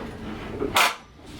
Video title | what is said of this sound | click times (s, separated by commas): Dehler 34 walk around | there's a click | 0.8 s